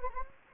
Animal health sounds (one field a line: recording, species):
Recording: mosquito wingbeat signal from an infrared sensor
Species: Anopheles gambiae